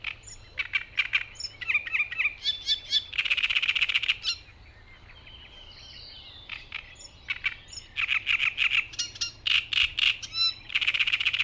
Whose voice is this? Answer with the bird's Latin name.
Acrocephalus arundinaceus